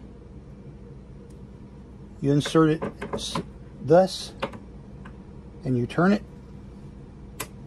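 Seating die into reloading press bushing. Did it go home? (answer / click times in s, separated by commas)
yes / 7.4 s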